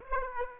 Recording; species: mosquito wingbeat signal from an infrared sensor; Aedes aegypti